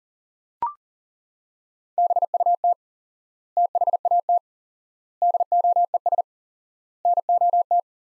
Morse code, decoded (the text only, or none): BUT THAT DOES NOT